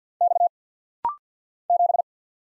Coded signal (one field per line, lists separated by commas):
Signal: Morse code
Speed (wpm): 50 wpm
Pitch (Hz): 700 Hz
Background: none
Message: X 7